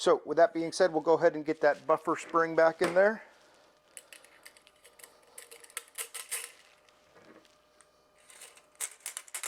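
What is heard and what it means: Someone talks, then a buffer spring is handled as it goes back into the buffer tube of an Aimaculate rifle folding stock adapter, with light metallic taps and scrapes and a few sharp clicks near the end. The spring and retainer are being pushed down to lock, but nothing has seated or clicked into place yet.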